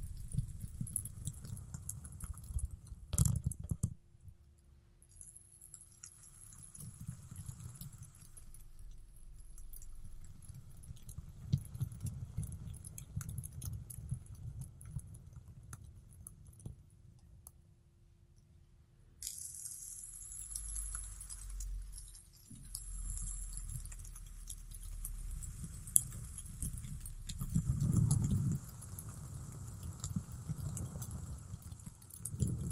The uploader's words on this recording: ASMR Fidget Spinner Sounds Tapping and Spinning.